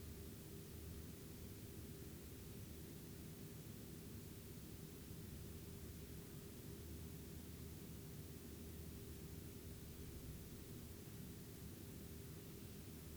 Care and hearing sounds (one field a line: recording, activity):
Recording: daily activity, guitar pickup as the sensor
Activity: lie down